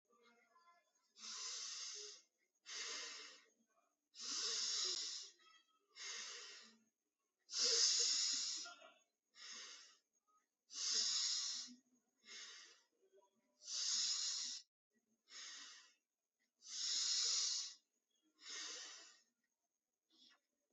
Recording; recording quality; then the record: deep breathing; excellent, no background noise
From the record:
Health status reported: healthy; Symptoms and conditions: diabetes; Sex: male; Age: 26 years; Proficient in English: yes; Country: India